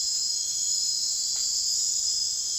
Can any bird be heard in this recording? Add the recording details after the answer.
no. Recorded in secondary vegetation near Puerto Asís, Putumayo, Colombia, on 28 February 2025 at 02:00. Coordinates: 0.484, -76.319. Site G010